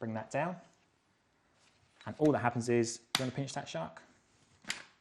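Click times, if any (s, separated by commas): 4.7 s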